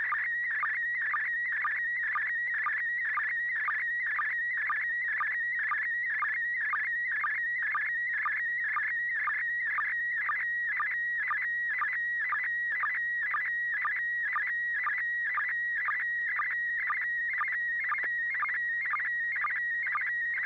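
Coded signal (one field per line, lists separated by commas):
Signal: SSTV (slow-scan television)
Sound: warbling, chirping tones around 1.9 kHz with a short low blip twice a second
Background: low hum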